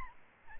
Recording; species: mosquito wingbeat signal from an infrared sensor; Aedes albopictus